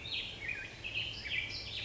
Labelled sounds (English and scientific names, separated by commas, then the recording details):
Black-headed Grosbeak (Pheucticus melanocephalus)
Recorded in Sonoma County, California